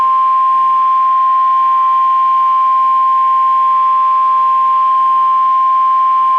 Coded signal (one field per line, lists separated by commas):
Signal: Emergency Alert System (SAME) tones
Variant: 1050 Hz attention tone